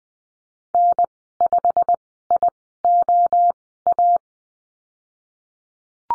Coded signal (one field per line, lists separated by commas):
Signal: Morse code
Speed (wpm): 20 wpm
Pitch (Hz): 700 Hz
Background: none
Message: N5IOA